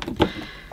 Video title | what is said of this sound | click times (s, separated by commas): Hoover S3448 Sensotronic System 10 Cylinder Vacuum Cleaner First Look | that's locked in as well as it's going to be | 0.0 s, 0.2 s